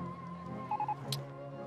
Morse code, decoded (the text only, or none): none